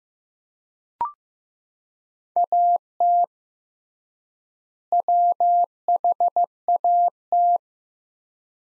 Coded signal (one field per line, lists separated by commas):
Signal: Morse code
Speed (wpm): 15 wpm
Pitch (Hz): 700 Hz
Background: none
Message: AT WHAT